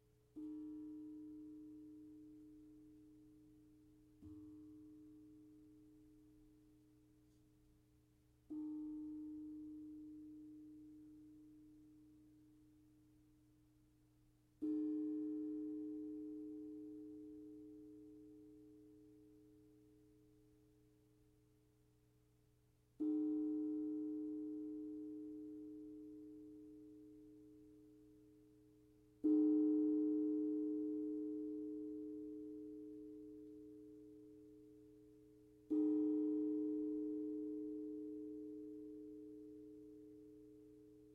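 Sound bath: a singing bowl is struck seven times, roughly every five to seven seconds, each low ringing tone swelling then slowly fading over a faint hum.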